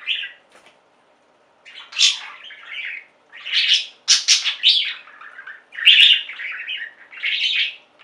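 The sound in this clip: Budgerigar calls in separate bursts of buzzy chirps and squeaky warbles, broken by short silent gaps.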